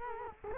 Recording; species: mosquito wingbeat signal from an infrared sensor; Culex quinquefasciatus